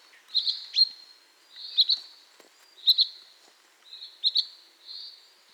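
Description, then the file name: Common chaffinch repeating a high, flat note about once a second, five calls in a row against a quiet background. "Fringilla coelebs"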